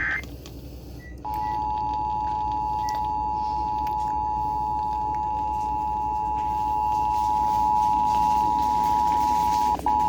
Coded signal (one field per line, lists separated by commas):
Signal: Emergency Alert System (SAME) tones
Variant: 853 and 960 Hz attention tone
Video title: Tornado Warning On WTRH-FM 7/8/2022 (EAS #1,598)